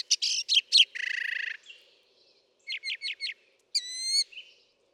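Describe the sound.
Northern mockingbird song made of rapidly changing phrases: harsh bursts, a buzzy rattle, a few clipped notes and a sliding whistle.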